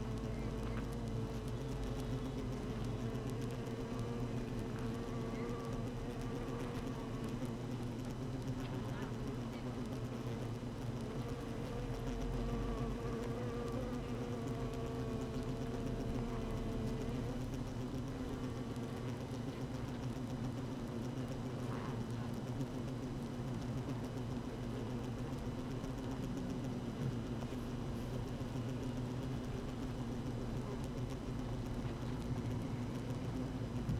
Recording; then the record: honeybee colony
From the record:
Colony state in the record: active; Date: 12 June 2018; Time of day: 7:40